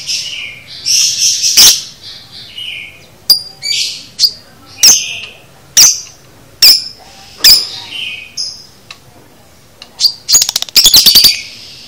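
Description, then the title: Lovebird chattering in a busy run of shrill squeaks and chirps, punctuated by sharp clicks and ending in a rapid rattling burst. Lovebird konslet chatter, used to train birds to chatter. "Masteran Lovebird Konslet"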